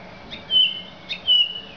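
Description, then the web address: Song Thrush song: one short, bright whistled phrase, sung once and immediately repeated almost identically. "Zingende lijster"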